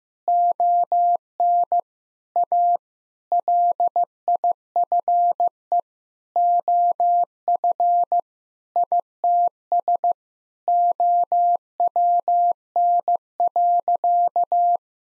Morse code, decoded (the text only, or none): ON A LIFE OF ITS OWN.